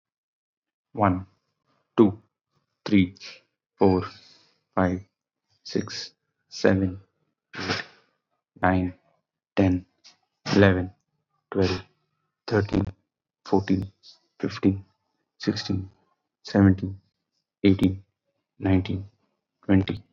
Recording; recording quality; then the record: counting at a normal pace; excellent, no background noise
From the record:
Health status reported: COVID-19 positive, mild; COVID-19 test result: positive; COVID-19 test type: RT-PCR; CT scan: not taken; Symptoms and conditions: cough, cold, fatigue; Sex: male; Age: 39 years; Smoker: no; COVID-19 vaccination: both doses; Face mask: worn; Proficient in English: yes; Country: India